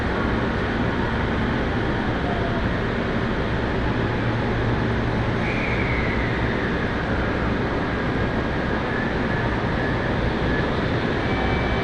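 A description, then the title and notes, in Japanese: A train ride on the Tokaido Main Line, with a steady, dense rumble of the rolling carriage that stays even in loudness throughout. A faint whine rises around five seconds and glides downward over the next couple of seconds, with thin tones drifting above the roar. 耳で楽しむ鉄道旅 東海道本線 熱田→名古屋→大垣。熱田から名古屋までは各駅停車に乗っていきますが、このあとのダイヤの都合上一旦名古屋から大垣までは新快速での移動にします。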